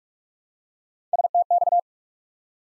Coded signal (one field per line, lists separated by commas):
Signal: Morse code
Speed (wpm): 44 wpm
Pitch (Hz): 700 Hz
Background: none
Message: STX